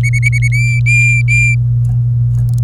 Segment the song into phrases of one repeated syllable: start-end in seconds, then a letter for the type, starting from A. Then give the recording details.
0.03-0.48 A, 0.52-1.55 B. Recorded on 24 April 2018 at 09:23. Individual llb3